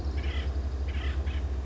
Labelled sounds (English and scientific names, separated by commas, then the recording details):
Acorn Woodpecker (Melanerpes formicivorus)
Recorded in Sonoma County, California